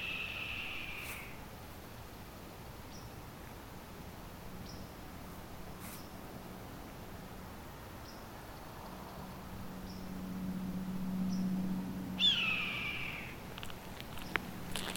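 Red-tailed hawk scream: one hoarse, descending, harsh cry near the end, with a fainter cry at the start, over a low hum and hiss.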